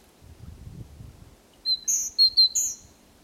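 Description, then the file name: Great tit giving a short series of high, clear whistled notes with thin sharp overtones, after a second or so of low rumbling noise. "Parus major"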